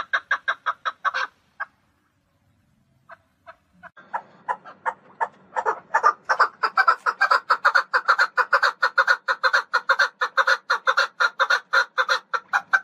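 Partridge giving repeated chuck notes, a brief silence with a couple of isolated calls, then a long, fast, loud series of harsh notes.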